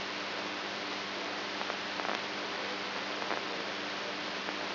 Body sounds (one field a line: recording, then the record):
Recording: brain microelectrode recording played as sound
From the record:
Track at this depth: inside the subthalamic nucleus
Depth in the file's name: 3.518 mm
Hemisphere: right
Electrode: 2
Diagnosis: Parkinson's disease